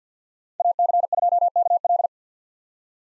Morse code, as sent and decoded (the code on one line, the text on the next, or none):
.- -.-. ..--- -.- .-..
AC2KL